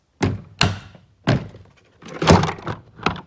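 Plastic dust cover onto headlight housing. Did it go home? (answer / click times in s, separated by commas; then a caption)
yes / 0.6 s. After replacing the halogen low beam bulb on a Porsche Cayenne 957, the plastic dust cover is pressed back onto the rear of the headlight housing. A series of dull thunks and handling knocks is heard at about 0.2, 1.3, 2.2–2.4 and 3.1 s, with the sharpest, loudest hit at 0.6 s. That hit at 0.6 s is the cover clicking on and seating.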